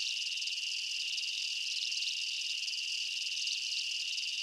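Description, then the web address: Insects keep up an unbroken, high, buzzing chorus, many chirps blending into one steady shimmer throughout. Insect chirps recorded as a night jungle ambience. "Blastwave INSECTS Amb Night Jungle"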